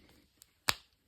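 The plastic battery module of a VW Golf MK5 key fob is pushed back into the key fob shell during a battery change. A faint tick comes at 0.4 s, then a loud, sharp snap at 0.7 s as the housing seats and snaps shut, followed by a short decay into quiet.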